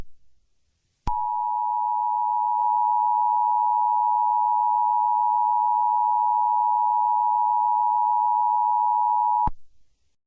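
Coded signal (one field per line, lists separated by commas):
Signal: Emergency Alert System (SAME) tones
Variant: 853 and 960 Hz attention tone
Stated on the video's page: Fictional EAS scenario inspired by Borderlands, built with valid EAS tones.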